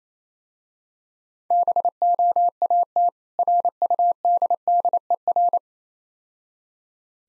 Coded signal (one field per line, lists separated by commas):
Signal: Morse code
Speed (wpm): 29 wpm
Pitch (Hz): 700 Hz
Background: none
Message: BOAT RUDDER